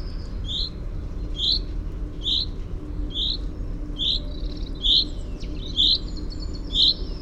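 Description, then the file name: Common chaffinch calling with short, bright notes roughly every second over a low background hum. "Fringilla coelebs"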